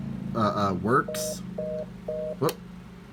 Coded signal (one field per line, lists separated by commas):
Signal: telephone call progress tone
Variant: North America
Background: speech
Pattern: reorder tone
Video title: IP PHONES NO LONGER FOR SALE!!!